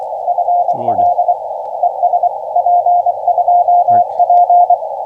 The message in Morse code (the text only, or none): FL ES P2P